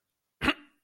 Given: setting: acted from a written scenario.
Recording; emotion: vocal sound without words; anger